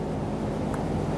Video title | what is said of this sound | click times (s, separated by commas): How to Replace Fuel Pump Assembly 2006-2012 Toyota RAV4 | and we're just going to line that up on the top connector push it in you're going to feel it and hear it snap into place | 0.7 s